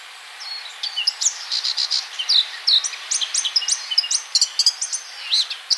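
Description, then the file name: Eurasian blackcap song: a steady series of short, high, bright notes with sharp clicks, several each second. "Sylvia atricapilla"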